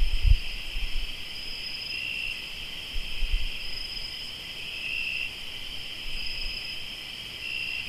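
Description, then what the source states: Cricket chorus of sustained high-pitched trills, constant throughout, with a few brief low rumbling bumps. Crickets recorded in Tlayacapan, Morelos.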